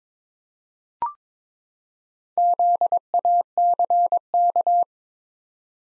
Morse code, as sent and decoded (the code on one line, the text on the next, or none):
--.. .- -.-. -.-
ZACK